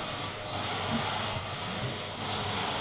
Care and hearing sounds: daily activity, microphone in the room; vacuum cleaning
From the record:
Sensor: 4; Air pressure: 1002.9 hPa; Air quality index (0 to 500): 242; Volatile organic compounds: 18 ppm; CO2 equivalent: 2631 ppm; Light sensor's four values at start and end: 4/10/4/4 and 4/10/4/4

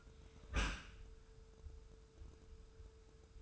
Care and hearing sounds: daily activity, microphone in the room; close dishwasher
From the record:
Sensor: 2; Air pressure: 1014.8 hPa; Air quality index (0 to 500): 25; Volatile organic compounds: 0 ppm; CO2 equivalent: 501 ppm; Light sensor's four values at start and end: 9/22/9/9 and 9/22/9/9

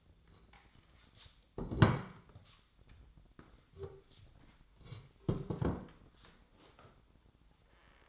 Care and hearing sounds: daily activity, microphone in the room; sit down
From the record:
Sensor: 3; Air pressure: 1012.3 hPa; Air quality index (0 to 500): 175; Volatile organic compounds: 3 ppm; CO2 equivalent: 1340 ppm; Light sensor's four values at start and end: 91/202/97/111 and 88/209/95/113

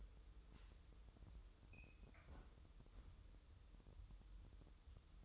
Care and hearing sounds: daily activity, microphone in the room; close fridge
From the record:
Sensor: 3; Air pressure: 988.4 hPa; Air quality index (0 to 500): 193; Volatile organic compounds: 286 ppm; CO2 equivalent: 4450 ppm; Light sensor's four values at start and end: 24/75/31/27 and 24/75/31/27

